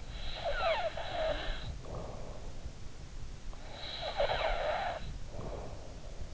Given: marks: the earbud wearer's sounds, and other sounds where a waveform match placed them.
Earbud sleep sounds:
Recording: sounds in sleep by an in-ear microphone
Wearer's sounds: snoring breath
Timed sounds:
0.06-2.75 s: snoring breath
3.60-6.00 s: snoring breath

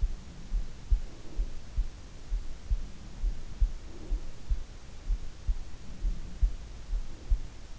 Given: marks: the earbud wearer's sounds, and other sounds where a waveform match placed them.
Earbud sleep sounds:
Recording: sounds in sleep by an in-ear microphone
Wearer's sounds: breath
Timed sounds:
0.77-2.27 s: breath
3.42-4.98 s: breath
5.76-7.46 s: breath

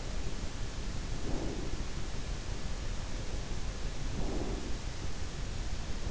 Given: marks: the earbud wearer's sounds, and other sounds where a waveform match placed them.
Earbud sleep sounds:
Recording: sounds in sleep by an in-ear microphone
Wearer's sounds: breath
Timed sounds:
1.22-1.87 s: breath
3.94-4.72 s: breath

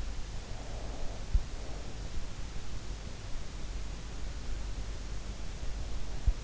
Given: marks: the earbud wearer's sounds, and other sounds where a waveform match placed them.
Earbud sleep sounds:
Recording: sounds in sleep by an in-ear microphone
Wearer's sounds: breath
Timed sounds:
0.28-2.19 s: breath

